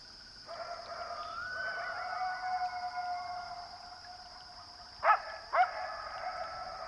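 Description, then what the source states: Coyote howls: long, sustained, wavering tones lasting several seconds, broken by two short, sharp yips, after which the howling continues. Coyotes in the distance at Pipestone Canyon, eastern Washington; the howl carries as a wave through the canyon, giving a sense of space.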